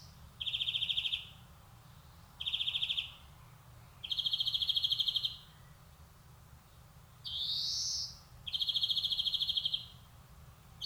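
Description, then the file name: European greenfinch giving several short buzzy trills, with one drawn-out rising wheezy note later on. "Chloris chloris"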